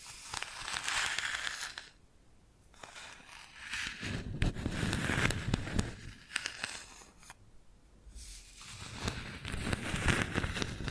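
Bamboo being scratched and brushed, with dry rustling strokes that swell and fade in bursts, thinning out around two and seven seconds. Sharp taps punctuate the texture now and then, and a low rumbling scrape builds in the middle and again near the end.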